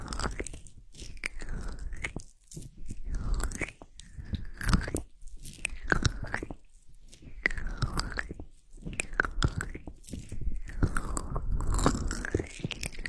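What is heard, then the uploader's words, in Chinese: Slow ear massage: hands rub back and forth over the microphone in swelling strokes about every two seconds, each with a sweeping rise and fall in pitch. Crackly taps and friction pops run through the rubbing, with brief near-silent pauses between strokes. 按摩你的耳朵。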